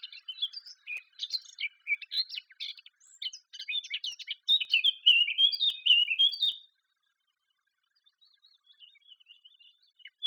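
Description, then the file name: Eurasian blackcap song: a long jumble of scratchy, chattering warbles rising to louder fluty notes, then silence and faint soft twittering at the close. "Sylvia atricapilla"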